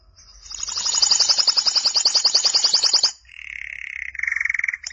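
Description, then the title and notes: Canary song: a loud rapid rolling trill of repeated high notes lasting about three seconds, then a lower steady buzzy trill. "BM Suara Kenari. BM Suara Burung Kenari"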